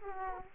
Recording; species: mosquito wingbeat signal from an infrared sensor; Aedes aegypti